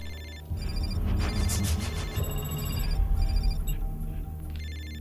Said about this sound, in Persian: دکتر گرام، تلفنتون داره زنگ میخوره.